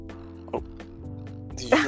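A drawn-out, low, gurgling, faintly tonal rumble from an adult's stomach: ordinary hunger growling (borborygmi) after going without food.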